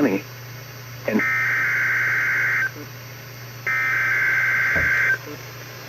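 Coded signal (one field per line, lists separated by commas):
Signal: Emergency Alert System (SAME) tones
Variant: header bursts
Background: speech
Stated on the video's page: Required weekly test from NOAA weather radio transmitter in Janesville, Wisconsin, 162.425 MHz.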